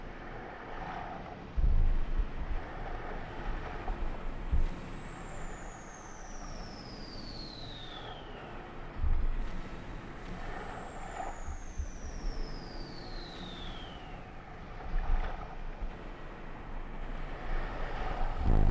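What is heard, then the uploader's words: Bombs whistle down from high to low pitch three times over a steady rumbling roar, with heavy thuds near the start, middle and end. The beach, bombs, parachutes, gunfire and a song.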